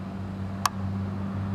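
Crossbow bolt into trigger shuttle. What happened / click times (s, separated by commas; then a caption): The bolt clicked home into its catch / 0.7 s. A crossbow bolt, fed into a Ravin R26X crossbow from the top with its odd white fletch facing down among two orange ones, is pushed hard to the rear until the trigger shuttle catches it. Against a steady low hum, a single sharp click sounds at 0.7 s as the bolt seats and is secure. The click lets the trigger shuttle register that the bow is loaded; without it, the shuttle treats the bow as unloaded and will not fire, to prevent a dry fire.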